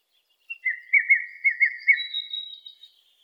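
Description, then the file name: Song thrush singing a quick run of rhythmic chirping notes, with a higher thin whistle toward the end. "suara-kicauan-burung-song-thrush -omkicau"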